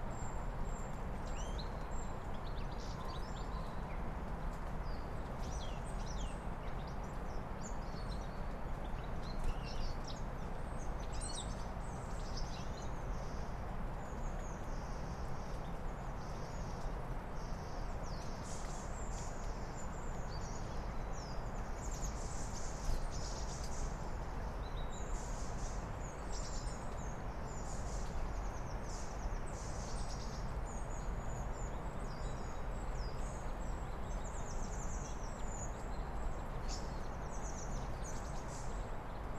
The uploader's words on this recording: Birdsong Sounds of Sunrise: Forest Harmony. As the dawn light starts to filter through the trees, the birds begin to sing. The robin's clear, melodic trill cuts through the air, joined by the cheerful chirping of the goldfinch. The songthrush adds its own rich, fluty notes to the chorus. User squashy555 of freesound.org, who recorded these sounds in May 2021.